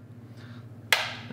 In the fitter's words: you simply close the latch around the cylinder hear it click shut nice and tight and safe